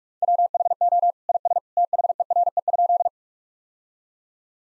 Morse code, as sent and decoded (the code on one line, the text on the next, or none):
.-- .... --- / .. ... / - .... . .-. . ..--..
WHO IS THERE?